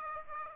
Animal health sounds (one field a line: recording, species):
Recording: mosquito wingbeat signal from an infrared sensor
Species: Aedes aegypti